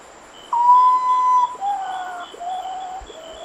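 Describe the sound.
Common potoo song: a loud, sustained whistled note followed by a series of progressively lower, mournful whistles stepping downward, over a steady high insect drone.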